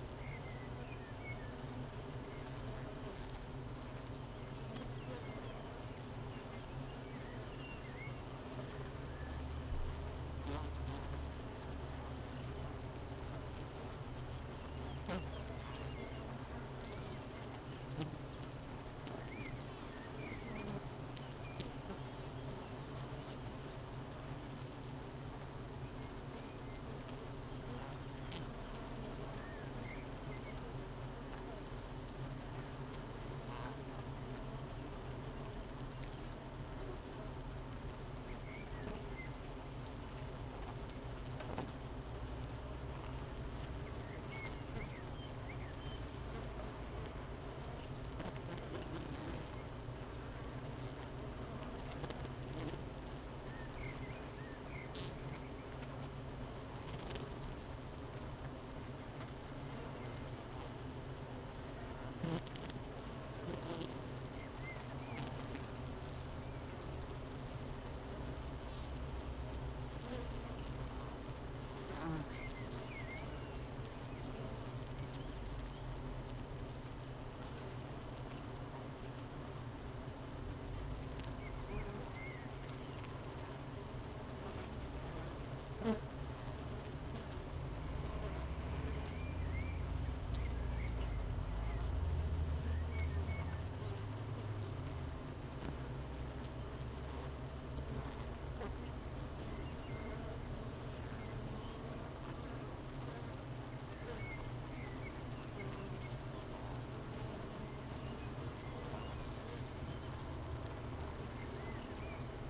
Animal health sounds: honeybee colony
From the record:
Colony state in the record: missing queen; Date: 31 May 2018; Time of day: 8:15

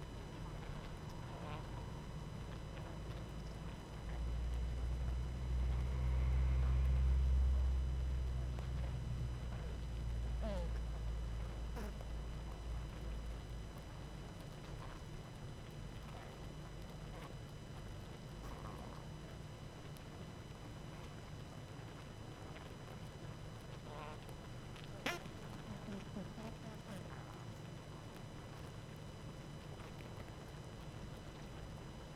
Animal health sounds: honeybee colony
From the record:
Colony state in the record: active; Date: 12 June 2018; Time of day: 19:18

